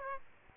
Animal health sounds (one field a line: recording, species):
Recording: mosquito wingbeat signal from an infrared sensor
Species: Aedes aegypti